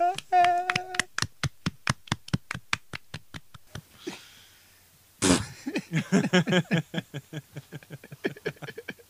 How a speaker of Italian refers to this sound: Applausi.